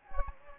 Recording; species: mosquito wingbeat signal from an infrared sensor; Anopheles gambiae